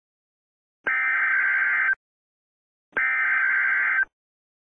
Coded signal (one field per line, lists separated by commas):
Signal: Emergency Alert System (SAME) tones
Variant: header bursts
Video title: EAS Scenario - Helena Banks Fault Zone/Atlantic Tsunami